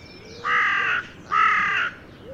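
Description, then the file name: Carrion crow giving two harsh, flat caws, each about half a second long, separated by a short pause. "Corvus corone"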